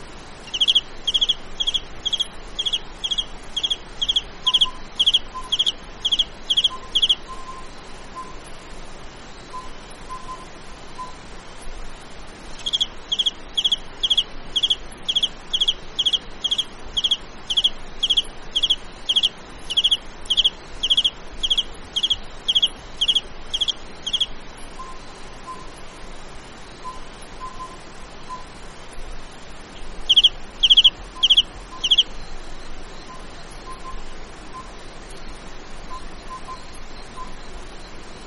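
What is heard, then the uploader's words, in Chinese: A valley cricket chirps in fast, regular bright pulses, with bursts at the start, from 13 to 25 seconds, and near 31 seconds. 山谷蟋蟀 频率3+4次 大自然声音。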